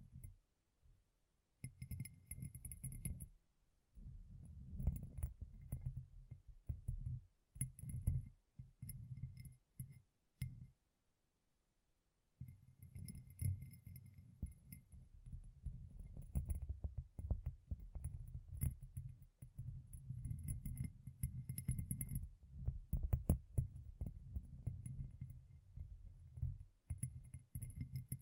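Gem-covered fingertips tap and scratch in dense, irregular bursts of low thuds and bright glassy clicks, pausing briefly around four and eleven seconds.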